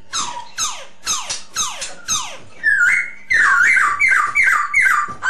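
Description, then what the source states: Masked laughingthrush giving a run of loud downward-sweeping notes about twice a second, then a string of rising-and-falling notes. Lure song (suara pancingan) of the poksay hongkong.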